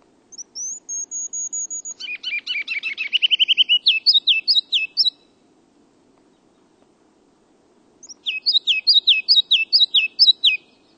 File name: Ruby-crowned Kinglet